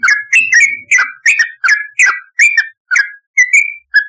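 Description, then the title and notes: Yellow-vented bulbul gives a brisk run of bubbly, slurred whistles, two or three per second, ending in a few clearer single whistles. "Trucukan. Kicau Burung"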